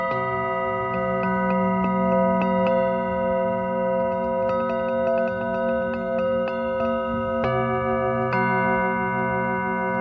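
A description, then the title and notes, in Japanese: Singing bowls ring in a sound healing session, their sustained metallic tones overlapping in a steady, shimmering drone. Light, bright ticks and taps sound repeatedly throughout, clustering between four and seven seconds. The low hum shifts in pitch near seven and a half seconds. メキシコから シンギングボウルのサウンドヒーリング ライブ。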